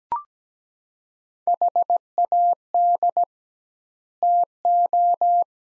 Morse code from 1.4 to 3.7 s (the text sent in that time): HAD